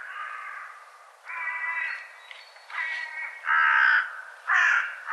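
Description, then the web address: Bird calls, first quieter and nasal, then growing into louder raspy caws near the end. "cianscape birddata"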